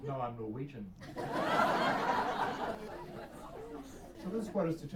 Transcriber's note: laughter